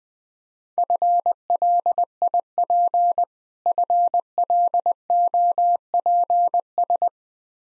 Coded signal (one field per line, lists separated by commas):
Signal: Morse code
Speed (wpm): 20 wpm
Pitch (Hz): 700 Hz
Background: none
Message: FLIP FLOPS